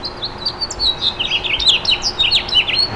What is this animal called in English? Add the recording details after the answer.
House Finch. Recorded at Freeport on Long Island, New York, on 28 May 2013. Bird C